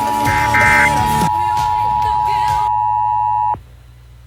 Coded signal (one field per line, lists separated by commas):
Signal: Emergency Alert System (SAME) tones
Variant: 853 and 960 Hz attention tone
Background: music